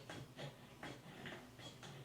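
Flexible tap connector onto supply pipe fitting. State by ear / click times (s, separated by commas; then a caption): not seated / none. A flexible push-fit tap connector is handled and pushed toward the supply pipe fitting, producing a few short, breathy scraping and hissing bursts over a low steady hum. Nothing has seated or clicked yet.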